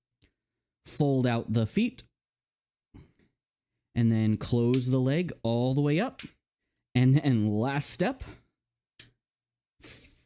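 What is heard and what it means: Someone talks while handling a small plastic Transformers Age of the Primes Alchemist Prime action figure during its final transformation steps: folding out the feet and closing the legs, just before the robot head is flipped out and snapped into its torso socket. Brief handling noises come near 0.2 s, 9.0 s and 9.8 s. The head has not seated or clicked into place yet.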